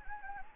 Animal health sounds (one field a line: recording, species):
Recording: mosquito wingbeat signal from an infrared sensor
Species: Anopheles gambiae